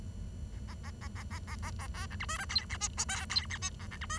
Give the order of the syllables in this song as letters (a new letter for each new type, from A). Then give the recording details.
A A A A A A A A B C D E F G H I J K G H I A C D E. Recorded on 23 June 2012 at 08:22. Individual gr41rd51